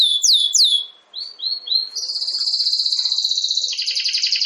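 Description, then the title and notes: Domestic canary song: a few descending whistled slurs, then a fast high pulsed trill that splits into two pitches. Belgian canary (Campainha) singing. "Canário Belga Campainha Canary Singing. Canario Belga Cantando"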